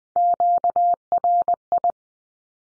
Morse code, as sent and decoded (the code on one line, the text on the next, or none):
--.- .-. ..
QRI